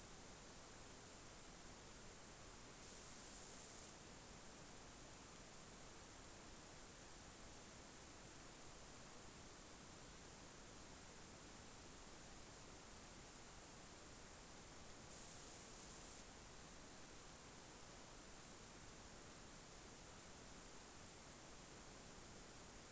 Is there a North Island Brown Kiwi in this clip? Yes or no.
no